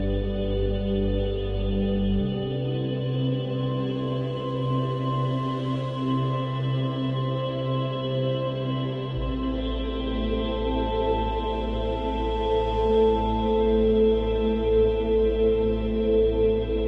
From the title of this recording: binaural beats